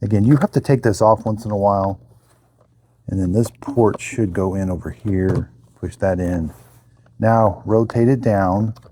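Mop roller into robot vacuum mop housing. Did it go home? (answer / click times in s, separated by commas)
no / none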